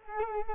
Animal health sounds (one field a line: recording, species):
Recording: mosquito wingbeat signal from an infrared sensor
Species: Culex quinquefasciatus